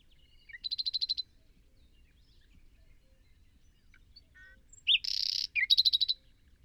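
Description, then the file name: Common nightingale song: a fast trill of repeated high notes, a pause with a few soft notes, then a harsh buzzy burst and another rapid repeated trill. "Luscinia megarhynchos"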